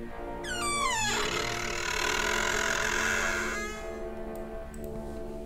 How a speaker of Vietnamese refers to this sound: Cánh cửa nhà ông Bảy từ từ mở ra. Ấy cái tiếng bản lề cũ khô nhớt, nó tạo lên cái tiếng mở cửa nghe đến rợn cả người.